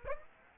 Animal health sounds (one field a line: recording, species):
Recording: mosquito wingbeat signal from an infrared sensor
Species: Aedes aegypti